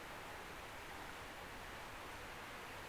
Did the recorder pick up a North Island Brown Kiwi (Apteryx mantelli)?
no